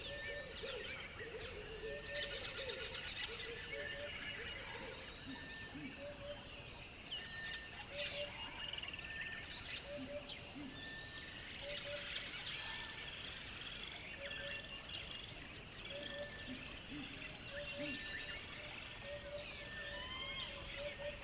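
Exotic birds chirp and whistle steadily throughout, short repeated calls layered over a dense, constant hiss of insects and rustling wildlife.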